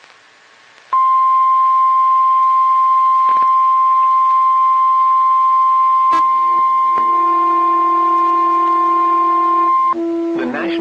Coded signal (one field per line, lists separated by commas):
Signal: Emergency Alert System (SAME) tones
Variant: 1050 Hz attention tone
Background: speech